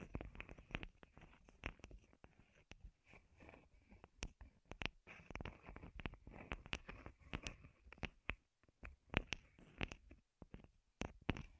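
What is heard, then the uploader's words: Wooden tapping and knocking sounds come in quick, irregular bursts across the twelve seconds, with sharp bright clicks standing out now and then. Between the taps there are soft scraping and rustling textures, and a few brief pauses break up the pattern. ASMR Wood Triggers in Your Ears (No Talking).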